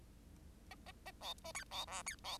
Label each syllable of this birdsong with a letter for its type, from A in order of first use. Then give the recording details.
A A A B A C B D C B. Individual Bird10